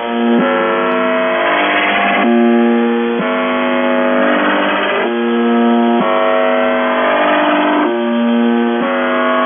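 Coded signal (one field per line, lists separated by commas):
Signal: numbers station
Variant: UVB-76 (The Buzzer)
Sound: harsh low buzz repeating roughly every second or two over a steady droning tone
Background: radio static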